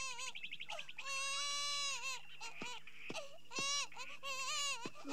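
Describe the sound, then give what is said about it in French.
A baby wails in several long, high-pitched bursts, the cries rising and falling with short catching breaths between them, loud and unaccompanied by any talk. “Sur la Terre, un sympathique vieillard à l'abondante moustache blanche est intrigué par les pleurs d'un bébé.”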